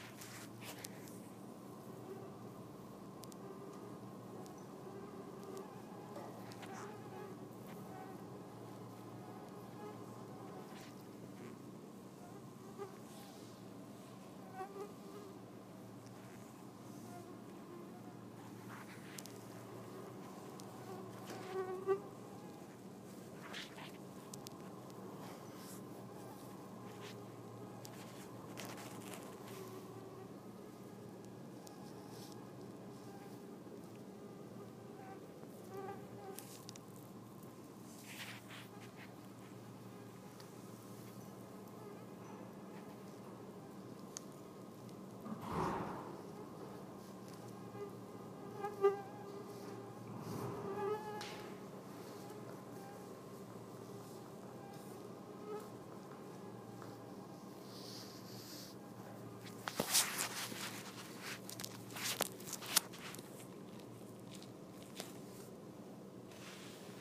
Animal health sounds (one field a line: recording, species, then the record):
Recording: mosquito flight sound by mobile phone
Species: Anopheles freeborni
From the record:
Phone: iPhone 4S